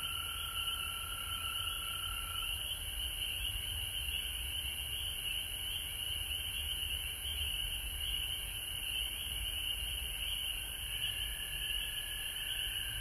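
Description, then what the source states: Frog chorus, a dense steady trilling drone at two pitches, one fading out early and returning near the end, with a very high constant whine and low rumble beneath. Frogs recorded at home in Georgia on March 19, 2020.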